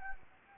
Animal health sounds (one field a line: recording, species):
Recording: mosquito wingbeat signal from an infrared sensor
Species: Anopheles gambiae